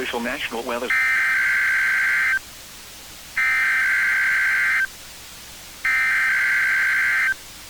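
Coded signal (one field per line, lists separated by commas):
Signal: Emergency Alert System (SAME) tones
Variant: header bursts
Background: speech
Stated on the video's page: Real capture of a weekly EAS test from weather radio station WNG671.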